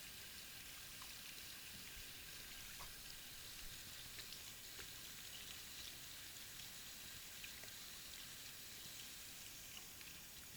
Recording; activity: daily activity, guitar pickup as the sensor; wash hands